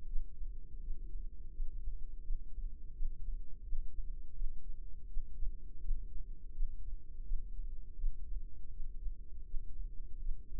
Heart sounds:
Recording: heart sounds by microphone in the left ear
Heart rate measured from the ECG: 83 bpm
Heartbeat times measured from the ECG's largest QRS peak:
0.05 s: heartbeat
0.79 s: heartbeat
1.52 s: heartbeat
2.22 s: heartbeat
2.92 s: heartbeat
3.62 s: heartbeat
4.33 s: heartbeat
5.06 s: heartbeat
5.80 s: heartbeat
6.52 s: heartbeat
7.23 s: heartbeat
7.95 s: heartbeat
8.69 s: heartbeat
9.44 s: heartbeat
10.18 s: heartbeat
From the record:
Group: healthy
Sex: female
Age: 51 years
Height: 162 cm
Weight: 70.04 kg

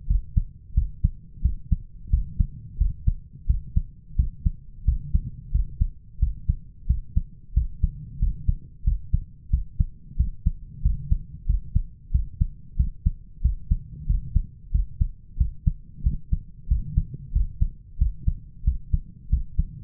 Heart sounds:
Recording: heart sounds by stethoscope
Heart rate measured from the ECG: 91 bpm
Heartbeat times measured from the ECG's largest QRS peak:
0.09 s: heartbeat
0.76 s: heartbeat
1.44 s: heartbeat
2.12 s: heartbeat
2.80 s: heartbeat
3.49 s: heartbeat
4.18 s: heartbeat
4.87 s: heartbeat
5.54 s: heartbeat
6.21 s: heartbeat
6.89 s: heartbeat
7.56 s: heartbeat
8.21 s: heartbeat
8.86 s: heartbeat
9.52 s: heartbeat
10.19 s: heartbeat
10.84 s: heartbeat
11.48 s: heartbeat
12.14 s: heartbeat
12.79 s: heartbeat
13.44 s: heartbeat
14.09 s: heartbeat
14.74 s: heartbeat
15.39 s: heartbeat
16.05 s: heartbeat
16.70 s: heartbeat
17.35 s: heartbeat
18.00 s: heartbeat
18.66 s: heartbeat
19.32 s: heartbeat
From the record:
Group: healthy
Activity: rest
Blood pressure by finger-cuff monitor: 132/83 mmHg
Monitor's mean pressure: 100 mmHg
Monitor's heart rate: 91 bpm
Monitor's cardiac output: 7.3 L/min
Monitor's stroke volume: 81 mL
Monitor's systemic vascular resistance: 1020 dyn s/cm5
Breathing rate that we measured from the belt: 21 breaths a minute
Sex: male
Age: 21 years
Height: 175 cm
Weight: 72.6 kg

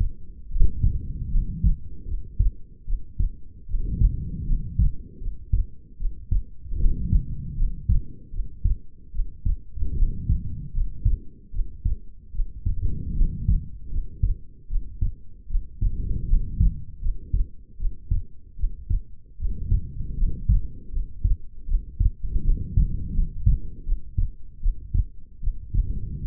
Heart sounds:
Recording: heart sounds by stethoscope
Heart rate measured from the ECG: 77 bpm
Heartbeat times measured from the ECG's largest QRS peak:
0.48 s: heartbeat
1.29 s: heartbeat
2.05 s: heartbeat
2.85 s: heartbeat
3.66 s: heartbeat
4.45 s: heartbeat
5.19 s: heartbeat
5.97 s: heartbeat
6.78 s: heartbeat
7.55 s: heartbeat
8.31 s: heartbeat
9.11 s: heartbeat
9.95 s: heartbeat
10.72 s: heartbeat
11.51 s: heartbeat
12.32 s: heartbeat
13.14 s: heartbeat
13.89 s: heartbeat
14.67 s: heartbeat
15.47 s: heartbeat
16.26 s: heartbeat
17.00 s: heartbeat
17.77 s: heartbeat
18.56 s: heartbeat
19.37 s: heartbeat
20.15 s: heartbeat
20.91 s: heartbeat
21.66 s: heartbeat
22.43 s: heartbeat
23.12 s: heartbeat
23.84 s: heartbeat
24.60 s: heartbeat
25.40 s: heartbeat
26.23 s: heartbeat
From the record:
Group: healthy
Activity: rest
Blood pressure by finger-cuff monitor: 103/68 mmHg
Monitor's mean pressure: 81 mmHg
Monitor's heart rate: 77 bpm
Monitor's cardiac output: 6.4 L/min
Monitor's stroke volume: 84 mL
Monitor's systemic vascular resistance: 910 dyn s/cm5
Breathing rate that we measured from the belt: 20 breaths a minute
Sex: female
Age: 22 years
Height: 160 cm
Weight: 45 kg

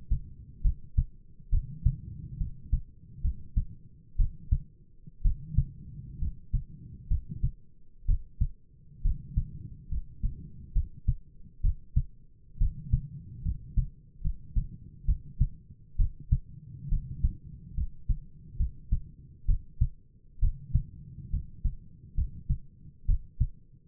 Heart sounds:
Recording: heart sounds by stethoscope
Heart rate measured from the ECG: 67 bpm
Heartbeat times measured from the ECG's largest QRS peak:
0.61 s: heartbeat
1.49 s: heartbeat
2.37 s: heartbeat
3.21 s: heartbeat
4.15 s: heartbeat
5.21 s: heartbeat
6.18 s: heartbeat
7.07 s: heartbeat
8.05 s: heartbeat
9.01 s: heartbeat
9.88 s: heartbeat
10.72 s: heartbeat
11.60 s: heartbeat
12.57 s: heartbeat
13.41 s: heartbeat
14.21 s: heartbeat
15.04 s: heartbeat
15.96 s: heartbeat
16.88 s: heartbeat
17.74 s: heartbeat
18.56 s: heartbeat
19.45 s: heartbeat
20.39 s: heartbeat
21.29 s: heartbeat
22.14 s: heartbeat
23.05 s: heartbeat
From the record:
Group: healthy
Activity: rest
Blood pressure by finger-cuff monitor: 104/67 mmHg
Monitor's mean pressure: 76 mmHg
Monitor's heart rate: 68 bpm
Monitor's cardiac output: 7.2 L/min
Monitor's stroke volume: 106 mL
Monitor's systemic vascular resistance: 780 dyn s/cm5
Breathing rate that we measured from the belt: 16 breaths a minute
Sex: male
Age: 22 years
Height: 185 cm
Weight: 112.4 kg

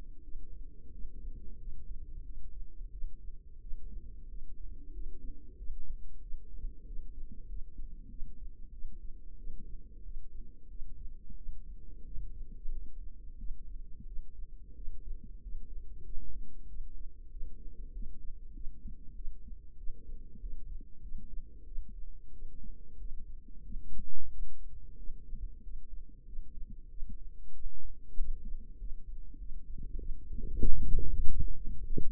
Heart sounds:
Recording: heart sounds by microphone in the left ear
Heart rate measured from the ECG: 93 bpm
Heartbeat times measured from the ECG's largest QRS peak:
0.22 s: heartbeat
0.92 s: heartbeat
1.59 s: heartbeat
2.24 s: heartbeat
2.91 s: heartbeat
3.60 s: heartbeat
4.28 s: heartbeat
4.92 s: heartbeat
5.57 s: heartbeat
6.20 s: heartbeat
6.85 s: heartbeat
7.47 s: heartbeat
8.09 s: heartbeat
8.71 s: heartbeat
9.37 s: heartbeat
10.03 s: heartbeat
10.68 s: heartbeat
11.35 s: heartbeat
12.05 s: heartbeat
12.71 s: heartbeat
13.37 s: heartbeat
14.05 s: heartbeat
14.75 s: heartbeat
15.41 s: heartbeat
16.03 s: heartbeat
16.67 s: heartbeat
17.29 s: heartbeat
17.93 s: heartbeat
18.53 s: heartbeat
19.14 s: heartbeat
19.76 s: heartbeat
20.40 s: heartbeat
21.01 s: heartbeat
21.65 s: heartbeat
22.31 s: heartbeat
22.98 s: heartbeat
23.63 s: heartbeat
24.29 s: heartbeat
24.96 s: heartbeat
25.62 s: heartbeat
26.25 s: heartbeat
26.89 s: heartbeat
27.52 s: heartbeat
28.16 s: heartbeat
28.78 s: heartbeat
29.38 s: heartbeat
29.97 s: heartbeat
30.58 s: heartbeat
31.18 s: heartbeat
31.76 s: heartbeat
From the record:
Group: healthy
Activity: rest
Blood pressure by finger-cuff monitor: 103/59 mmHg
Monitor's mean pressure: 73 mmHg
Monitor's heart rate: 93 bpm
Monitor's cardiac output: 8 L/min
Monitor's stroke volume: 87 mL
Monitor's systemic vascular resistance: 630 dyn s/cm5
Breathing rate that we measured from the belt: 22 breaths a minute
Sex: female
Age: 22 years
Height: 163 cm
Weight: 67.1 kg

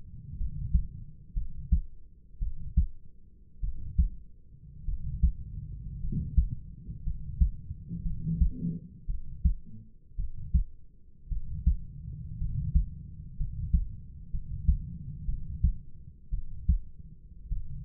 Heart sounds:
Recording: heart sounds by stethoscope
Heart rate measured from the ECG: 56 bpm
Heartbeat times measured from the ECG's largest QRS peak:
0.37 s: heartbeat
1.34 s: heartbeat
2.39 s: heartbeat
3.61 s: heartbeat
4.85 s: heartbeat
6.00 s: heartbeat
7.04 s: heartbeat
8.03 s: heartbeat
9.07 s: heartbeat
10.16 s: heartbeat
11.29 s: heartbeat
12.38 s: heartbeat
13.37 s: heartbeat
14.31 s: heartbeat
15.26 s: heartbeat
16.31 s: heartbeat
17.49 s: heartbeat
From the record:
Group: healthy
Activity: rest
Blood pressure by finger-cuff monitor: 113/61 mmHg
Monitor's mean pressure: 73 mmHg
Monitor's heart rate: 57 bpm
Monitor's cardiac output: 4.8 L/min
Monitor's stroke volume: 85 mL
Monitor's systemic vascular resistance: 1080 dyn s/cm5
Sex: male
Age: 25 years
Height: 170 cm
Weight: 70.4 kg

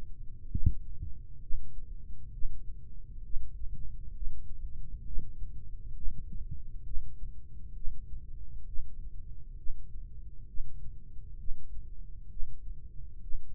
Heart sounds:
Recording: heart sounds by microphone in the right ear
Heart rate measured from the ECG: 66 bpm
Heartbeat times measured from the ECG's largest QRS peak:
0.51 s: heartbeat
1.42 s: heartbeat
2.33 s: heartbeat
3.24 s: heartbeat
4.14 s: heartbeat
5.05 s: heartbeat
5.95 s: heartbeat
6.85 s: heartbeat
7.75 s: heartbeat
8.67 s: heartbeat
9.58 s: heartbeat
10.48 s: heartbeat
11.39 s: heartbeat
12.30 s: heartbeat
13.22 s: heartbeat
From the record:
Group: healthy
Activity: breath hold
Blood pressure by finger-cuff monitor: 114/88 mmHg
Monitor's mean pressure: 98 mmHg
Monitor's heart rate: 66 bpm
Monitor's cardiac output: 3.1 L/min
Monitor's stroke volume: 46 mL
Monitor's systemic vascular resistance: 2340 dyn s/cm5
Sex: male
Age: 55 years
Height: 167 cm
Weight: 57.2 kg

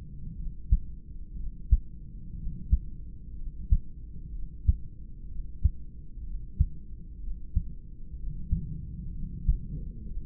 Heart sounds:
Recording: heart sounds by stethoscope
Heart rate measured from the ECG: 62 bpm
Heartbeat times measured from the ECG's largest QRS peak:
0.36 s: heartbeat
1.36 s: heartbeat
2.36 s: heartbeat
3.36 s: heartbeat
4.32 s: heartbeat
5.28 s: heartbeat
6.24 s: heartbeat
7.20 s: heartbeat
8.16 s: heartbeat
9.12 s: heartbeat
10.06 s: heartbeat
From the record:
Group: heart failure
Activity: rest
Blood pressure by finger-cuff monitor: 106/70 mmHg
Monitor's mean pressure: 83 mmHg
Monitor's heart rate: 62 bpm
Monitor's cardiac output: 3.6 L/min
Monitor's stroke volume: 58 mL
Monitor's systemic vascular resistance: 1690 dyn s/cm5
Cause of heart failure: idiopathic cardiomyopathy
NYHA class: 2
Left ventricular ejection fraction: 17%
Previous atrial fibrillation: present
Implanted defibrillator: present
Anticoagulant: edoxaban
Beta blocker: bisoprolol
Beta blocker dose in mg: 7.5 twice daily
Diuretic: furosemide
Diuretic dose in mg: 20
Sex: male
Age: 63 years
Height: 160 cm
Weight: 69 kg

